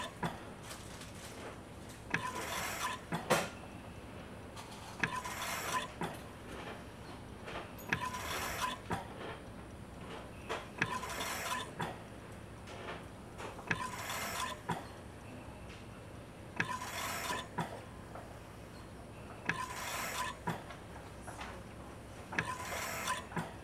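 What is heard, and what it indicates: A hospital ventilator operating, with regularly repeating breath cycles of broadband whooshing bursts at about 21 per minute over a steady low mechanical hum.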